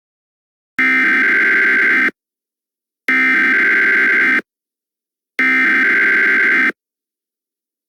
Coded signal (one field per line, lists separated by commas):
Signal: Emergency Alert System (SAME) tones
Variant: header bursts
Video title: EAS Scenario: True Angel?